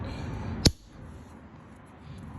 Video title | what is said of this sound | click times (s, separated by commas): Clear Sidemarker light install on a 2022 BRZ/GR86 | You guys have no idea how happy I am with the little clicking sound, | 0.7 s